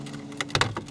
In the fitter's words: gently back until it snaps out of the way